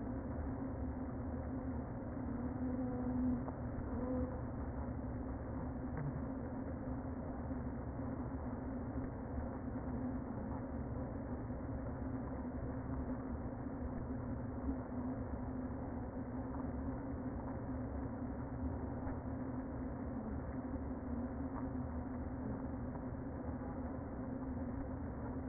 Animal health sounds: honeybee colony, microphone inside the hive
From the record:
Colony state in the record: queen present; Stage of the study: before two queens were removed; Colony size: about 60,000 bees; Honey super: yes

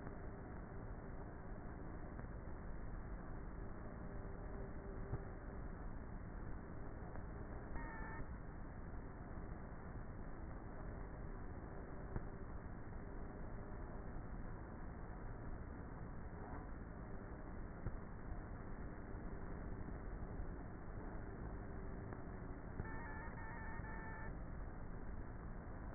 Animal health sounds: honeybee colony, microphone inside the hive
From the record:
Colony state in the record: queenless with a low population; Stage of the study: before two queens were removed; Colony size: about 30,000 bees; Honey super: no

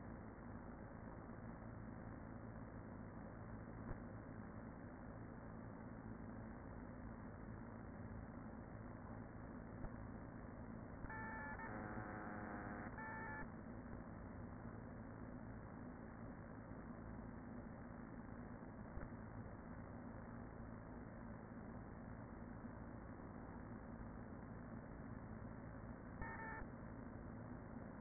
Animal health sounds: honeybee colony, microphone inside the hive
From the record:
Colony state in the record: queen present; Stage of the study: after two queens were removed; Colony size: about 40,000 bees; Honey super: no

